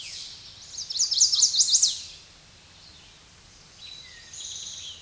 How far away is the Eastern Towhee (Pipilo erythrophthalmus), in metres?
about 20 m